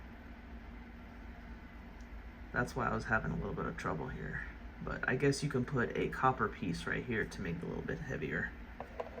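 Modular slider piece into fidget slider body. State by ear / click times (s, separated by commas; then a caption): seated / 8.8 s, 9.0 s. A modular 3D-printed plastic piece of a fidget slider is pressed into position in the slider body while someone talks over a low steady background hiss. Two short, sharp clicks at 8.8 s and 9.0 s show the piece seating into place.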